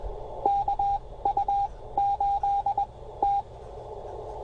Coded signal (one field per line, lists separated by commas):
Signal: Morse code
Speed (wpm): 21 wpm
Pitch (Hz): 800 Hz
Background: radio noise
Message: KU8T